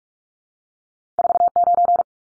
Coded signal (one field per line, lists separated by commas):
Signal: Morse code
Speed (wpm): 44 wpm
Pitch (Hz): 700 Hz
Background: none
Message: 49